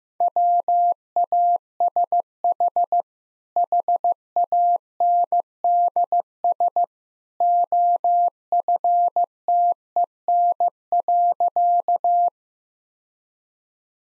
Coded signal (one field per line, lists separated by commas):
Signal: Morse code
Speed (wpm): 16 wpm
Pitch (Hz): 700 Hz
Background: none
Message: WASH HANDS OFTEN.